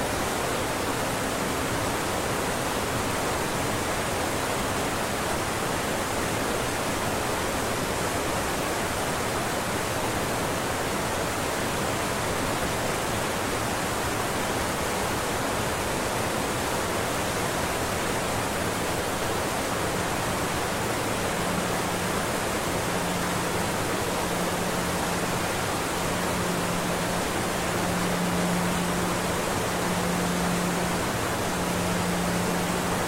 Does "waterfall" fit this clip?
yes